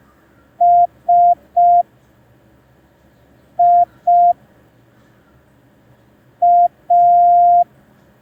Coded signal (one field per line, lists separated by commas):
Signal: Morse code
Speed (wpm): 5 wpm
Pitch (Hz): 700 Hz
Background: none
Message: S I A